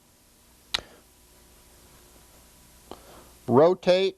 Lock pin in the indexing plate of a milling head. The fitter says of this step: this is our release pin or lock pin here we simply release it